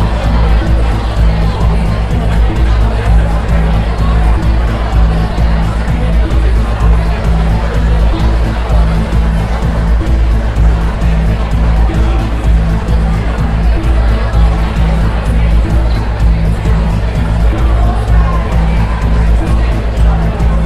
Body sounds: background sound without coughing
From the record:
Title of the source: Party Noise 1 Hour Party Ambience

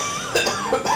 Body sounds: coughing mixed with background sound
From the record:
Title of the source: Spring Cold Coughing 2

